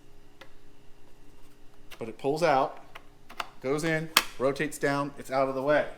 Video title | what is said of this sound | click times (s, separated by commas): Top 5 Must Have Items for the Milwaukee Tools Packout System. ( Mods and Hacks) | So here is a lock. It locks into place, | 0.4 s